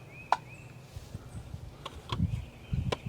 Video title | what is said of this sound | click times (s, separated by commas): Storms are coming get the seeds in the ground. | just slides in and you'll hear it click | 0.3 s